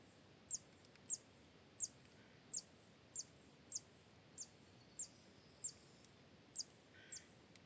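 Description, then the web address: Zitting cisticola repeating a sharp, high, clicking zit note roughly every two-thirds of a second, eleven times, over a soft background hiss. "Zitting cisticola. صدای-پرنده-سبدنشین-چکاچک"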